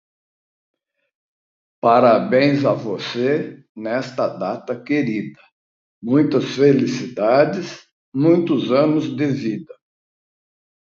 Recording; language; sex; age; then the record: short text; Brazilian Portuguese; male; 70 to 79 years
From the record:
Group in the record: control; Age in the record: 73 years